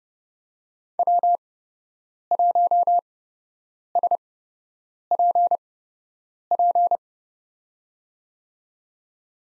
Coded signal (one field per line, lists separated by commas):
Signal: Morse code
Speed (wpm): 30 wpm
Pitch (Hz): 700 Hz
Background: none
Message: W1SPP